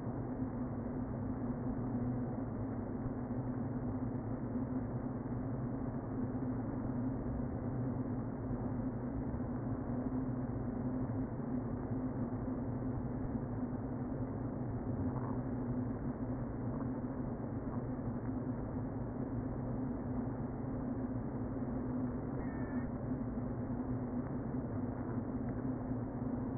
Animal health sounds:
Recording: honeybee colony, microphone inside the hive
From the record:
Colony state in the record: queen present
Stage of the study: before two queens were removed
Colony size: about 60,000 bees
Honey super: yes

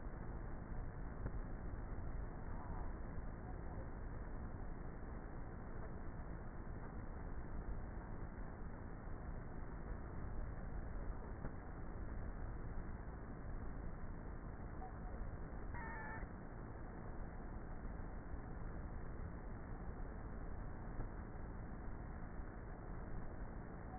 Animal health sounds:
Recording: honeybee colony, microphone inside the hive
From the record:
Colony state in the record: queenless with a low population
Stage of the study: before two queens were removed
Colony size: about 30,000 bees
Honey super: no

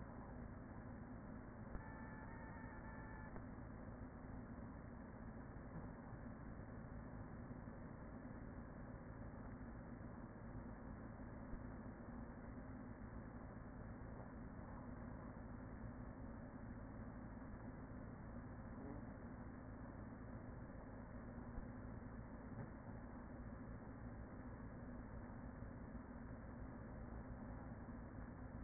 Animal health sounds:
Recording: honeybee colony, microphone inside the hive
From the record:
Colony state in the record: queen present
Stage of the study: after two queens were removed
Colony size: about 40,000 bees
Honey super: no

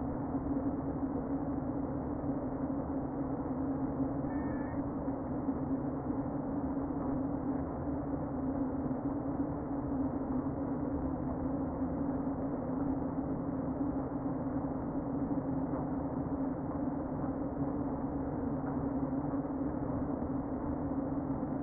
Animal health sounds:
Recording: honeybee colony, microphone inside the hive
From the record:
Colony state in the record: queen present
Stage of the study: before two queens were removed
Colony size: about 60,000 bees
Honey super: yes

